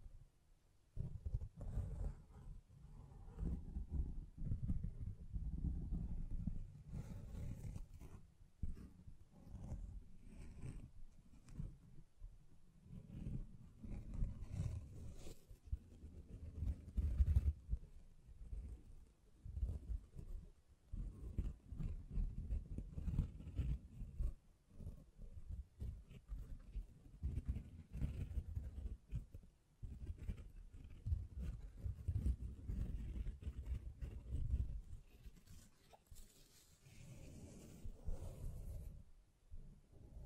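Hands brush, scratch and tap against a microphone, making a dense, low rumbling that rises and falls in uneven bursts for the whole forty seconds. Brief quieter gaps come around 3, 25 and 37 seconds, with occasional sharper taps poking through the muffled scraping.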